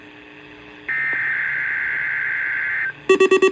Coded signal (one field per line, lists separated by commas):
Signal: Emergency Alert System (SAME) tones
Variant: header bursts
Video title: [EAS #412] FWD 6PM weekly on KEC55